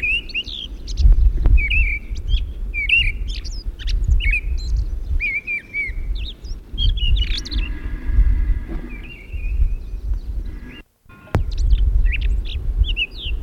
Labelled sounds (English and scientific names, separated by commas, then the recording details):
Mistle Thrush (Turdus viscivorus) song
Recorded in the wild
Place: Pingarati, Moldova, RO
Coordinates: 46.93, 26.187
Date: 1973-04-18 11:15
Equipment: Nagra III BH, Sennheiser MD 21, parabola
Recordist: Schubert, Michael
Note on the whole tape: Gesang Misteldrossel